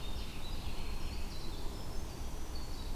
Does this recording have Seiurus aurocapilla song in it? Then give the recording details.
no. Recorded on 21 June 2016 at 07:01. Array SBT-6-76